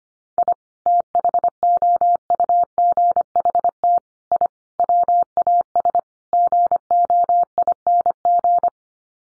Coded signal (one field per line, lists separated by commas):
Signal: Morse code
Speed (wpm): 25 wpm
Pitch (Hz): 700 Hz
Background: none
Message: I THOUGHT I WAS GOING